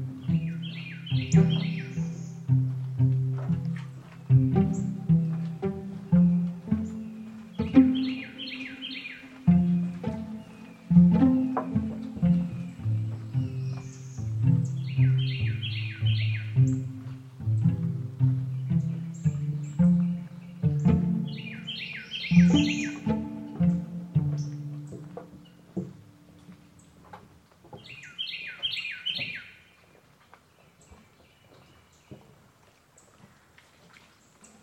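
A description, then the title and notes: In a cypress swamp, a bird repeats a bright trilling phrase every few seconds over a dense, low croaking chorus that fades near the end. At Corkscrew Swamp Sanctuary, just outside of Naples Florida. This is the Lettuce Lakes area, the beating heart of the ancient bald cypress grove. The Corkscrew Swamp Sanctuary boardwalk leads visitors through a gentle and pristine wetland wilderness.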